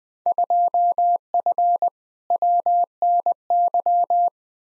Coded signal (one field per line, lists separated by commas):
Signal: Morse code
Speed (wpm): 20 wpm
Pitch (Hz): 700 Hz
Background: none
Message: 2F WNY